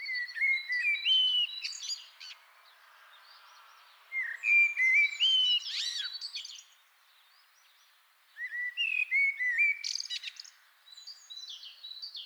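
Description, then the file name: Common blackbird song in several separate phrases, each opening with mellow fluted whistles and ending in a scratchy high-pitched twitter, separated by quiet gaps. "Turdus merula"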